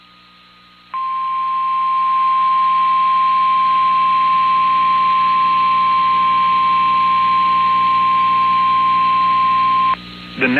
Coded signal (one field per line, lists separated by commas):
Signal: Emergency Alert System (SAME) tones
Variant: 1050 Hz attention tone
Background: speech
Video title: [EAS] WYFL - Tornado Warning Activation (2) - 8/8/2024